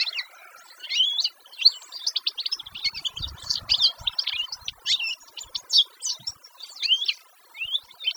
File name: Canary Voice